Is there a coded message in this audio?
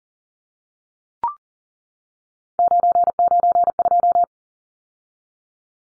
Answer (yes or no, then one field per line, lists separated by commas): yes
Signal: Morse code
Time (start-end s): 2.6-4.2 s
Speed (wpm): 40 wpm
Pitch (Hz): 700 Hz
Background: none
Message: 992